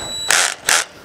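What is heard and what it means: A cordless drill with its clutch set low drives a screw into the aluminium frame of an Outsunny 4'x6' walk-in greenhouse, with a faint high whine at the start. Two bursts of bright, broadband ratcheting clicks start at 0.3 s and 0.7 s as the clutch slips. The clutch slips so the screw does not over-tighten or strip.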